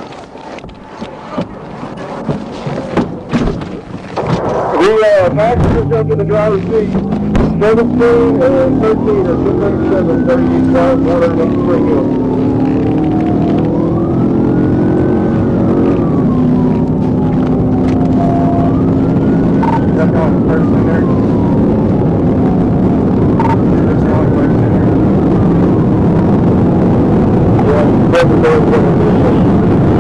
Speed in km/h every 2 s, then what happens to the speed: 0, 0, 29, 63, 87, 105, 114, 134, 142, 150, 158, 166, 166, 184, 184.
0-2 standing. 2-30 pulls away to 184.